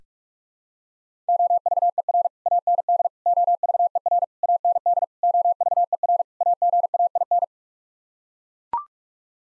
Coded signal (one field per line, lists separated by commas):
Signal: Morse code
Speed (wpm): 42 wpm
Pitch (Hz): 700 Hz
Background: none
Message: OVER AND OVER AND OVER AGAIN